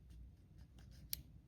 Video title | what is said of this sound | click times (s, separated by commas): Olympus OMD EM5ii with Sigma Zoom-Master 35-70mm Lens | okay once it is clicked then it is in place now | 1.1 s